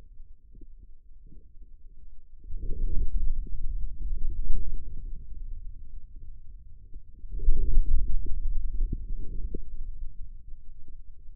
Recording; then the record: forearm muscle sounds (acoustic myography)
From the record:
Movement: hand closing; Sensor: system 2, bracelet of six BSWA MPA416 microphones around the upper forearm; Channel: 6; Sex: male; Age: 22 years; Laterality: right